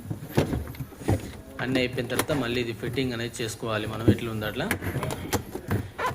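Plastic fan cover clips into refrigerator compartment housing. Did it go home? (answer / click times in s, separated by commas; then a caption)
yes / 5.3 s, 5.7 s. On an LG French-door refrigerator, after the fan motor is replaced for an EFF error, the plastic fan cover is pressed back into the compartment housing. Someone talks throughout, then two short sharp clicks at 5.3 s and 5.7 s mark its clips snapping into their locks. The cover is seated, with clips locking on all four sides.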